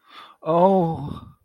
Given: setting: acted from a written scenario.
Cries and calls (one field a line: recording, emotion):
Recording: vocal sound without words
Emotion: sympathy